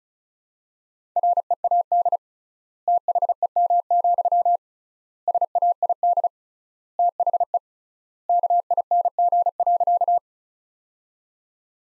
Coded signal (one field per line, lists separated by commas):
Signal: Morse code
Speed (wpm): 35 wpm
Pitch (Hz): 700 Hz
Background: none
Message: READ THEM, SAID THE KING.